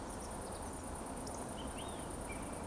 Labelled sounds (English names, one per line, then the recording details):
Eurasian Woodcock whistle
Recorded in Baden-Württemberg, Germany, on 25 June 2020 at 20:14 UTC
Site 14569, 102 m above sea level